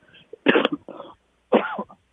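Three short, harsh coughing and throat-clearing bursts from an adult man, clearing phlegm stuck in his throat that feels almost gone.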